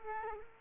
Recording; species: mosquito wingbeat signal from an infrared sensor; Culex quinquefasciatus